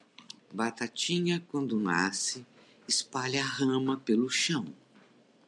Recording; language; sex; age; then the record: short text; Brazilian Portuguese; female; 60 to 69 years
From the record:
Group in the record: control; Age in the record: 68 years